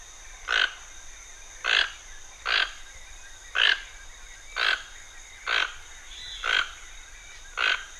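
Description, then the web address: Toucan giving eight short, hoarse, rasping croaks over a faint steady background hiss. Pantanal. "sescpantanal. Tucano"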